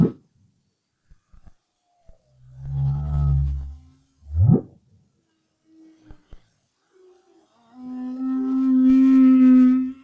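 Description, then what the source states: Humpback whale song: deep rumbling moans, a sharp upward sweep, then a long steady harmonic tone near the end, separated by short silences. Song recorded in 2011 as part of the BRAHSS project.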